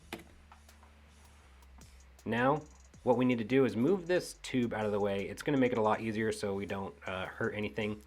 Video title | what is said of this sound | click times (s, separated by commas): Nissan Titan XD Cummins Fuel Filter Replacement | first and it'll snap into place once you press down | 0.1 s